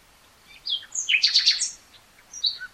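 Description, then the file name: Common nightingale: short songbird phrase of quick high clicks and a chattering trill over steady background hiss, with a few faint high notes after it. "Luscinia megarhynchos"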